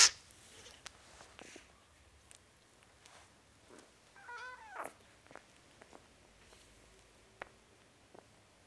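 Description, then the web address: Cat: kitten meowing: one short, high, wavering mew near the middle, surrounded by soft clicks, taps and rustling handling noises. Four-week-old kitten, meowing. "BBC Sound Effects Library. Four Week Old Kitten, Meowing"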